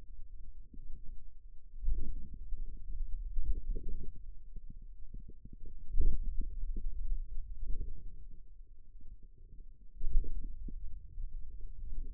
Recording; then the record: forearm muscle sounds (acoustic myography)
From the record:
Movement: pen grasping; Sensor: system 2, bracelet of six BSWA MPA416 microphones around the upper forearm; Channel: 2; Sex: male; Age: 22 years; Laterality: right